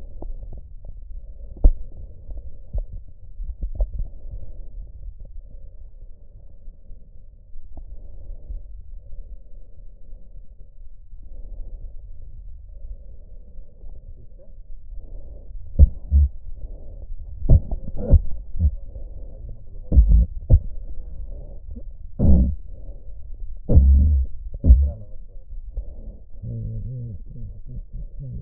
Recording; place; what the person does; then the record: lung sounds by stethoscope; right anterior apical chest; quiet breathing, then cough and speech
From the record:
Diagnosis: pulmonary infection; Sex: male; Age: 69 years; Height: 184 cm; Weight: 115 kg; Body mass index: 34.0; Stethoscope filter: extended mode